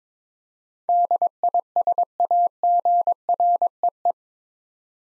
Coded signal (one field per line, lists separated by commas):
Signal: Morse code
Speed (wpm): 21 wpm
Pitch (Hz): 700 Hz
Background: none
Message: DISAGREE